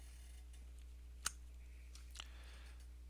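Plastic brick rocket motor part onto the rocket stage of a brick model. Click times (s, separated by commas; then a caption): 1.3 s. A plastic brick rocket motor part is pressed onto the rocket stage of a brick model and clicks solidly into place at 1.3 s. A quieter tick follows at 2.2 s over a steady low hum, and the part is seated.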